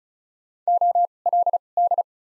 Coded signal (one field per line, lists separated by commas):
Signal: Morse code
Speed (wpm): 36 wpm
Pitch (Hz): 700 Hz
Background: none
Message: O L D